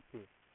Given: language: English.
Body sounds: throat vibration sensor signal played as sound; speech

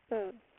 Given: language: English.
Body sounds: throat vibration sensor signal played as sound; speech

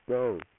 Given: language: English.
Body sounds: throat vibration sensor signal played as sound; speech

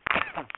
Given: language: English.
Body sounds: throat vibration sensor signal played as sound; cough

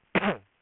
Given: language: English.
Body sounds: throat vibration sensor signal played as sound; cough

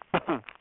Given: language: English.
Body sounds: throat vibration sensor signal played as sound; cough

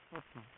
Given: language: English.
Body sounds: throat vibration sensor signal played as sound; speech

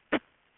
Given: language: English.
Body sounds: throat vibration sensor signal played as sound; cough

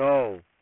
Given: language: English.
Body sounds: throat vibration sensor signal played as sound; speech

